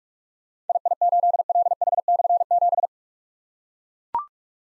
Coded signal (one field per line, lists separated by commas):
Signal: Morse code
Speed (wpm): 44 wpm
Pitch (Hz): 700 Hz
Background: none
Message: II8LH/7